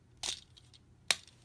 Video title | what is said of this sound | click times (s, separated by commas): Shinkansen Henkei Robo Shinkarion 500 Type Eva Review | You can hear them click. | 1.1 s